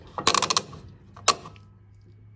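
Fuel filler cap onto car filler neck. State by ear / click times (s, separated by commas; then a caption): torque reached / 0.3 s, 0.6 s, 1.3 s. A fuel filler cap is put back onto a car's filler neck and spun until its ratchet clutch clicks at full tightness. Sharp ratchet clicks are heard at 0.3 s and 0.6 s, with a burst of smaller clicks between them, and a final loud click comes at 1.3 s. The cap is tightened.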